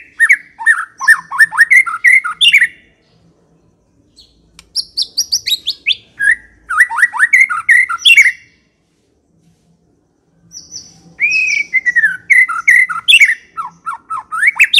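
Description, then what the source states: White-rumped shama singing in bursts of rapid slurred whistles and chips, separated by short silences, with high buzzy notes in the middle and before the last burst. Long-duration lure recording (pikat) of white-rumped shama song.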